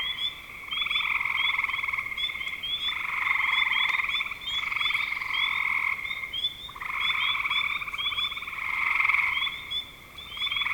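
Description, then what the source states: Frogs giving pulsed, rattling trills in an overlapping chorus, with higher chirps sounding behind them. Spring 2025.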